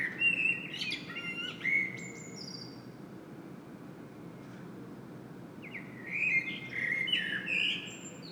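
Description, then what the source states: Common blackbird singing a fluty phrase at the start and another warbling, squeaky phrase near the end, a long quiet gap between, over a soft low rumble. Singing bird recorded in Saint-Gilles, Belgium, using a Sony PCM-M10 internal microphone.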